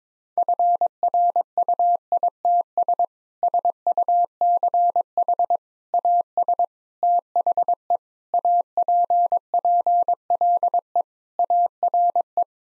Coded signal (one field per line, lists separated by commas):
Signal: Morse code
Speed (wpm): 22 wpm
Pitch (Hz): 700 Hz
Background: none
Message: FRUITS SUCH AS THE APPLE ARE